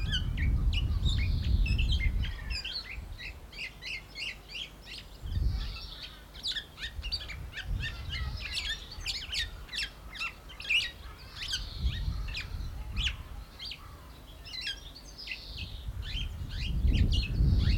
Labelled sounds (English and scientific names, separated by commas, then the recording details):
Black-naped Oriole (Oriolus chinensis)
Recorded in captivity
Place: Zoo Berlin, Berlin, DE
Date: 1995-04-01 12:14
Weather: bedeckt - heiter, 6 - 8 °C, böiger Wind
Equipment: Marantz CP 430, Sennheiser ME 80, Kopie Uher Variocord 263
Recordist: Tembrock, Günter